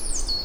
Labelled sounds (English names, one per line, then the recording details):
Stitchbird song
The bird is a male
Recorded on Tiritiri Matangi Island, New Zealand, in 2005
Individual 10, of nest box 12